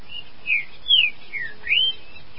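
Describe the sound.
Green-winged saltator song: a short phrase of three or four rich whistled notes, sweeping down and then arching upward, against a quiet steady background.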